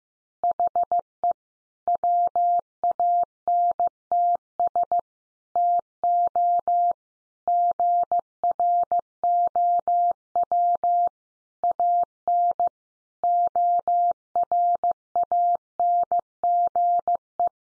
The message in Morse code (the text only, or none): HE WANTS TO GROW AN ORANGE